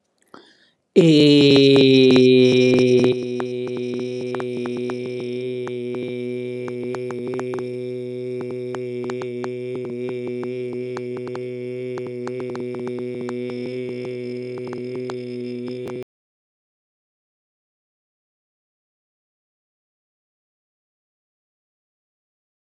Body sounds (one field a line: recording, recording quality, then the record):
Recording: sustained vowel as in made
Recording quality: excellent, no background noise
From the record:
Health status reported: healthy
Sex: male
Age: 38 years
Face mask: not worn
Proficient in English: yes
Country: India